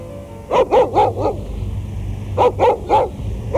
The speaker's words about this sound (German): Schon wieder ein Hund. Offenbar einer aus dem Armenviertel. Dem Kutscher gehört er nicht, sonst würde er ihn nicht verjagen. Jetzt hat er es ihm aber gegeben. Die Bestie wollte tatsächlich auf die Kutsche springen.